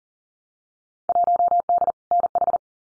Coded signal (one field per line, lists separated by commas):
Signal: Morse code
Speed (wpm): 37 wpm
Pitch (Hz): 700 Hz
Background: none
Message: 1D NH